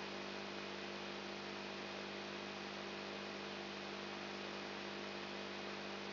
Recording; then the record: brain microelectrode recording played as sound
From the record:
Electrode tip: outside the subthalamic nucleus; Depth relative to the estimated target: -8 mm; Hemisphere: right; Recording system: AlphaMap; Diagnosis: Parkinson's disease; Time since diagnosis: 7 years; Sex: female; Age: 55 years